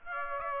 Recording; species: mosquito wingbeat signal from an infrared sensor; Aedes aegypti